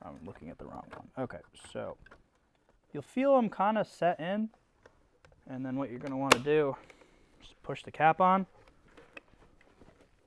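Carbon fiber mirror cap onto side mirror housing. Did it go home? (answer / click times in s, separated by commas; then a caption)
yes / 9.2 s. Someone talks while a carbon fiber mirror cap is pushed onto the side mirror housing of an F87 until its clips engage. A few faint taps follow the speech, then a sharp click at 9.2 s as the cap seats.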